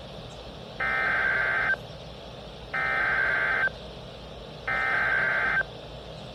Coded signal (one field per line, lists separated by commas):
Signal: Emergency Alert System (SAME) tones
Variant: header bursts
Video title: Severe & Flood Alerts With A Double Header: EAS Alerts From 7/16/25 On WXM56 - 7/16/25 #COWX #WXM56